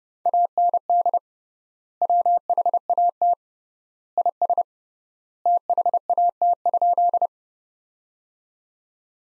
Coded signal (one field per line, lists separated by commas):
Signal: Morse code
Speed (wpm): 30 wpm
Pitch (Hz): 700 Hz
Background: none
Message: AND WHAT IS THAT?